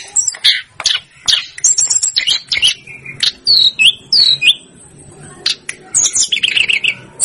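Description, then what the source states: Snowy-browed flycatcher song of high scratchy chips mixed with a couple of thin downslurred whistles and short trills, loosely spaced. Masteran for training cage birds; Indonesian names tledekan gunung and sikatan gunung.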